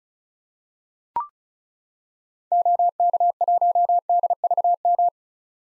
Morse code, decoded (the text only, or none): OK1DVM